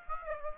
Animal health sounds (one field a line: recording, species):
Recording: mosquito wingbeat signal from an infrared sensor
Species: Aedes aegypti